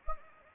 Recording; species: mosquito wingbeat signal from an infrared sensor; Anopheles gambiae